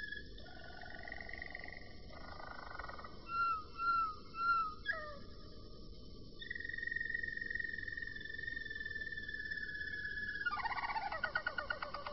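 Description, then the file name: Roller canary song: steady held tones, three round swelling flute notes, then a long even tone and a fast rattling roll at the end. "kenari-roller -omkicau"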